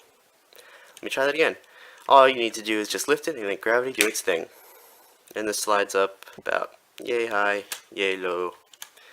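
A sliding elevator platform in a plastic brick carbon-freezing chamber set is lifted and moved up and down while someone talks. There are a few faint handling knocks near the start and end. Nothing has seated or locked in place yet when the clip ends.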